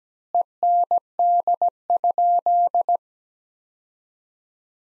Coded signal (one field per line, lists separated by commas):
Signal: Morse code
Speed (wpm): 17 wpm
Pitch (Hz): 700 Hz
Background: none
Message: END?